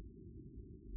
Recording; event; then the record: neck accelerometer signal played as sound; no cough (speech, laughter, throat clearing or background)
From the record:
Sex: female